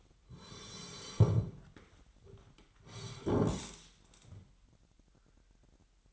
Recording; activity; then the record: daily activity, microphone in the room; sit down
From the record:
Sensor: 3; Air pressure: 998.6 hPa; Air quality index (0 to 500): 128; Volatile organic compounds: 3 ppm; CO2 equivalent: 1526 ppm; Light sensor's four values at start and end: 9/21/9/10 and 8/20/8/9